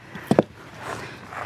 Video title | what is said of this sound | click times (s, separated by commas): Dealer Wanted $300! I Replaced My 2012 Fiat 500C Coolant Reservoir for $80 | So you heard that click. | 0.3 s, 0.4 s